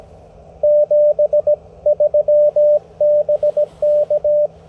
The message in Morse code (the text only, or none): 73 BK